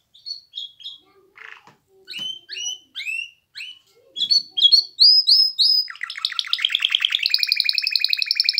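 Canary song starting with separate upslurred chirps, building into quick repeated notes and finishing with a loud continuous rattling trill.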